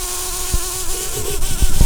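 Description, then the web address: Brown-banded carder bee buzz: a continuous low droning hum with steady overtones, broken by a few sharp clicks and knocks, most of them toward the end. Queens. "Humilis queens"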